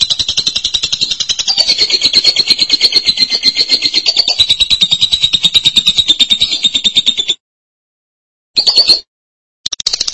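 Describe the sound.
Lovebird song with a sustained rapid, shrill, pulsing chatter for seven seconds, a pause, then two brief bursts.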